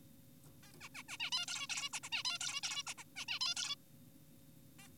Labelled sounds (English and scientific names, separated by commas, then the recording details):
Zebra Finch (Taeniopygia guttata)
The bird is an adult
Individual g4p5U